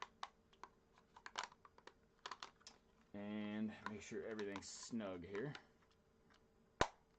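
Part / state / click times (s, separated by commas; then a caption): 3D-printed mod part into its mount on a 3D printer / seated / 6.8 s. A 3D-printed mod part is pressed into its mount on a 3D printer. Light tapping and clicking handling sounds come first, then someone talks from about 3.1 to 5.8 s. A single sharp click at 6.8 s marks the part popping into place, and it is seated.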